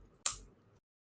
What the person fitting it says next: Nice click there.